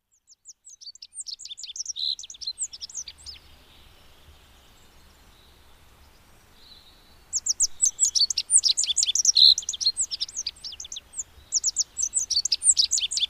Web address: agykontroll Madardalok Cd 2. Bajszos sármány